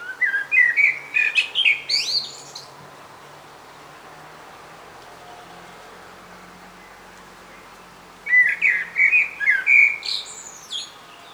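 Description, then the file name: Common blackbird song, two warbled phrases of mellow whistles with squeaky high endings, separated by a quiet pause of several seconds. "Turdus merula"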